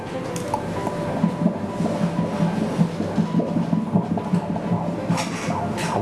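Rapid, steady whooshing pulses at about 150 beats a minute, with a rushing Doppler noise behind them. This is a normal fetal heartbeat heard during an ultrasound exam, beating about twice as fast as an adult heart, a normal rate.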